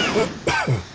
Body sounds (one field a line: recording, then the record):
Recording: coughing mixed with background sound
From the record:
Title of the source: Dry Afternoon Cough